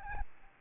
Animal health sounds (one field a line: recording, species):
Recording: mosquito wingbeat signal from an infrared sensor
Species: Aedes albopictus